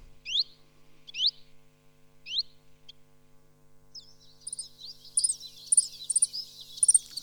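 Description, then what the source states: Common chiffchaff giving three spaced, rising contact calls; thin high twittering follows. Contact call, rendered as 'tweet'; usually seen and heard in spruce forest.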